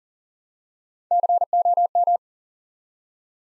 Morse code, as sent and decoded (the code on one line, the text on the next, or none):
-.-. --- --
COM